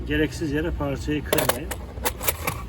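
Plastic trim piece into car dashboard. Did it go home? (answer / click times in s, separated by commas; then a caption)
yes / 2.5 s. A plastic dashboard trim piece, held by hidden screws, is pressed back into its place in the dash of a FIAT Albea/Siena/Palio while someone talks. Rattling handling noises are followed by a single sharp snap at 2.5 s as the piece seats.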